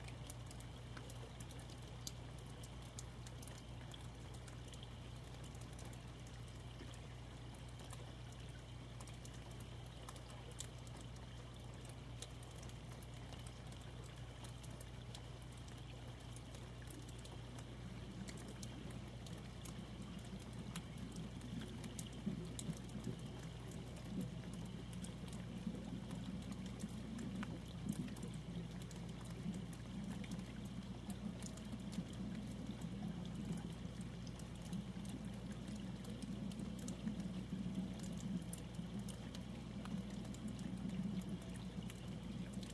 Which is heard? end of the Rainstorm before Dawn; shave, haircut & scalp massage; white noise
end of the Rainstorm before Dawn